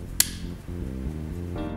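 A button on the back of a SATA metal multitool is pressed to release a locked folding implement so it can be folded closed. A sharp click sounds at 0.2 s as the lock releases, over a steady background of music. The implement lock is released.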